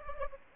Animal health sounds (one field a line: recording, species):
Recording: mosquito wingbeat signal from an infrared sensor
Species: Aedes aegypti